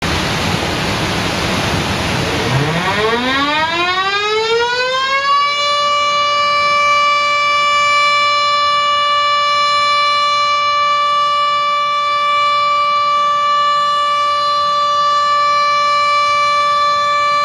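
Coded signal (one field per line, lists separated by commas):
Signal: siren signal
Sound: a mechanical siren rising in pitch for five seconds, then holding one steady wail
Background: outdoor background hiss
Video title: ダム放流サイレン音 緊急放流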